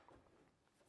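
The removable support beam of an Elite Screens ezCinema Tab-Tension CineGrey 4D portable projection screen is handled as it is set back into its holder on the screen case. There are quiet handling rustles with a brief soft knock near 0.1 s over a low steady background. Nothing has seated or clicked yet; the beam has not locked into place.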